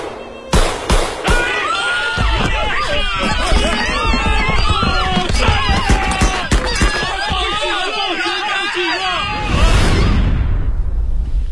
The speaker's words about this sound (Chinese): 我都不知道这几个人是怎么进来的，枪声一响，我吓都吓死了，整个脑子一片空白。